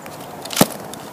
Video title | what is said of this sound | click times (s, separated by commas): Cross Country Skiing at Wood Lake | Put it up next to that bumper. Lift your heel. Push down with the toe and you should hear that click. | 0.6 s